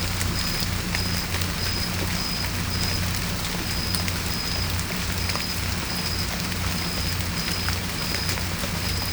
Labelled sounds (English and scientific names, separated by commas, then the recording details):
none
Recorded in pastures near Puerto Asís, Putumayo, Colombia, on 18 December 2024 at 23:30
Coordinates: 0.505, -76.324
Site G063